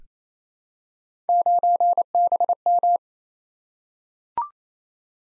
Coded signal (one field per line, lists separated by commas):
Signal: Morse code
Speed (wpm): 28 wpm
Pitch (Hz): 700 Hz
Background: none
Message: 9BM